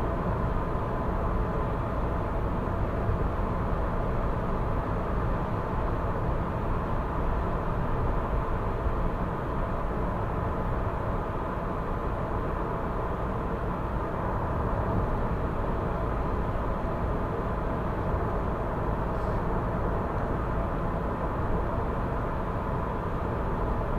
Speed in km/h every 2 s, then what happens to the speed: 97, 97, 97, 97, 97, 97, 96, 96, 96, 96, 96, 96.
0-24 steady at about 96.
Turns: none.